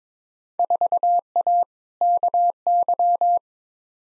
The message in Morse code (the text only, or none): 4A KY